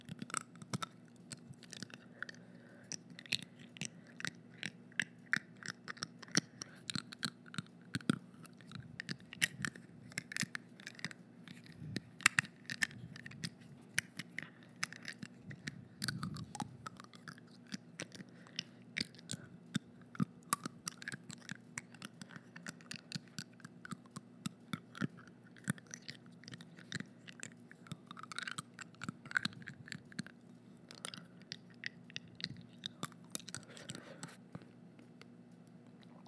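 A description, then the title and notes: Mouth sounds made up of wet smacks, clicks and chewing, with crunchy bites scattered throughout. The short sharp sounds come densely and irregularly for the whole span, over a steady low hum. A brief louder thump or rustle lands around sixteen seconds. All the mouth sounds! From kisses to smacking to actual eating.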